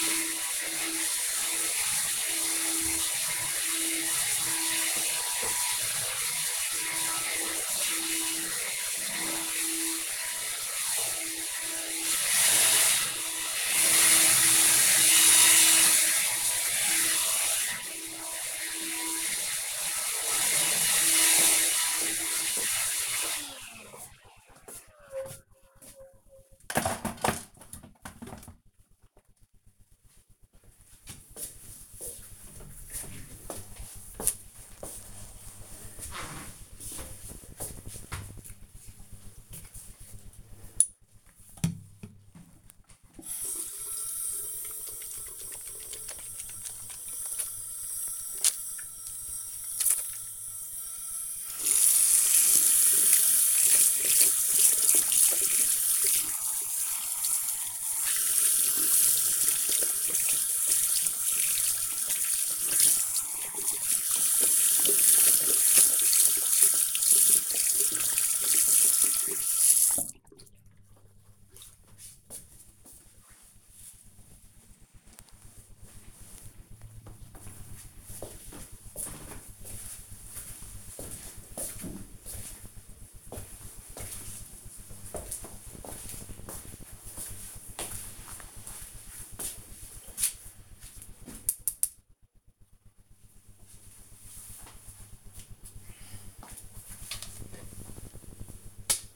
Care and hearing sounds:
household activities, microphone on the right wrist
0.00-23.19 s: vacuum cleaning
39.25-69.37 s: washing hands

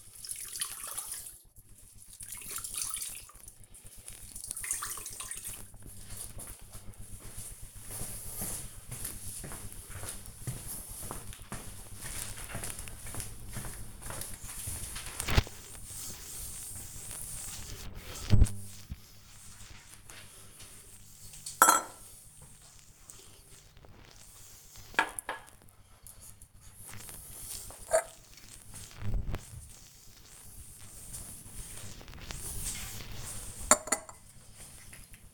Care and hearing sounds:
household activities, microphone on the right wrist
0.00-35.34 s: cleaning the cupboard

